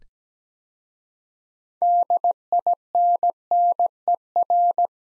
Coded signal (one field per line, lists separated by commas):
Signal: Morse code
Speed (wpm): 17 wpm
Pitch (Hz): 700 Hz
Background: none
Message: DINNER